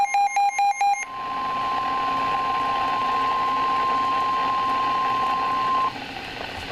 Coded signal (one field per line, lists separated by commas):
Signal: Emergency Alert System (SAME) tones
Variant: 1050 Hz attention tone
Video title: 2016 EAS alerts compilation! 36 alerts!